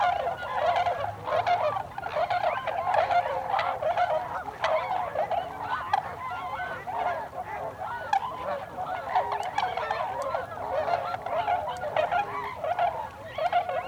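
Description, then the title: Tundra swans give a continuous, crowded chorus of soft hooting and bugling calls, overlapping constantly across the whole stretch. Recorded 26 December 2020. "2020-12-26-Tundra-Swans"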